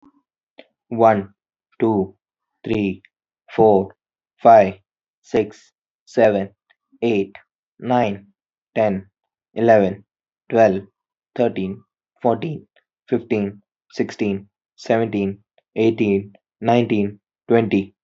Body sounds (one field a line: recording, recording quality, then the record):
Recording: counting at a normal pace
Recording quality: excellent, no background noise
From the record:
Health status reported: healthy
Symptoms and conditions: none ticked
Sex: male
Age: 27 years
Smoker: not ticked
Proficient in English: yes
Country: India